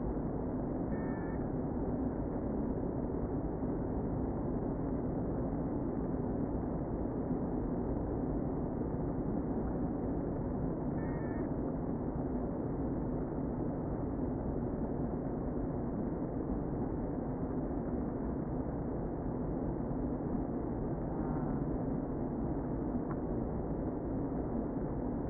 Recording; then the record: honeybee colony, microphone inside the hive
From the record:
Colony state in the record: queen present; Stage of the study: before two queens were removed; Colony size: about 60,000 bees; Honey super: yes